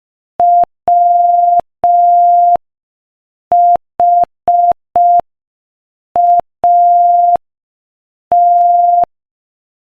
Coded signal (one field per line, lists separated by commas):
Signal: Morse code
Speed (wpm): 5 wpm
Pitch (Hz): 700 Hz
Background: none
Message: WHAT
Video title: Morse Code Practice: 5 wpm Inspirational Quote 6